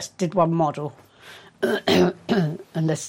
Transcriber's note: clears throat